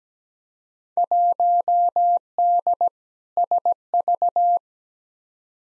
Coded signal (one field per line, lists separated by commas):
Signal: Morse code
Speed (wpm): 17 wpm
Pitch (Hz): 700 Hz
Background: none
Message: 1D SV